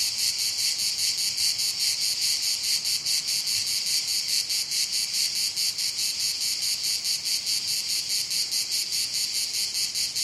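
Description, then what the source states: Cicada chorus: a shrill, dense buzz throbbing in quick regular pulses throughout, unbroken for the whole stretch. Cicadas calling on a hot summer day.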